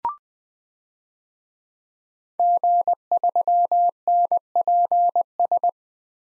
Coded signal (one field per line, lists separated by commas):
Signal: Morse code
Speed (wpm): 20 wpm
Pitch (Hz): 700 Hz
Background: none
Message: G3NPS